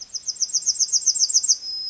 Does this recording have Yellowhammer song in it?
yes